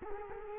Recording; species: mosquito wingbeat signal from an infrared sensor; Culex quinquefasciatus